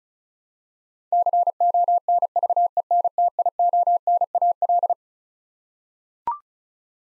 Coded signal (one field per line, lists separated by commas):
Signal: Morse code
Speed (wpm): 36 wpm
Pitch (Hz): 700 Hz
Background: none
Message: CONVENTIONAL